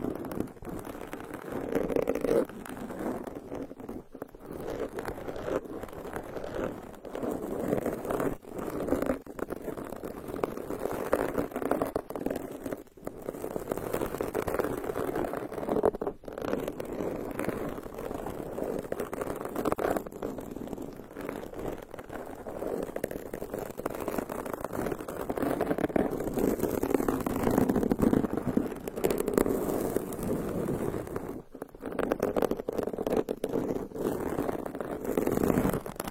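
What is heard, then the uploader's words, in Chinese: Fingernails scratch continuously in a dense rasping with a low-middle tone, broken by brief pauses near 4, 13, 16 and 31 seconds. 微刺耳，指甲抓挠大脑的声音，酥麻酸爽。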